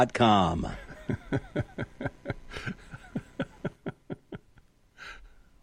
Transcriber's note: laughs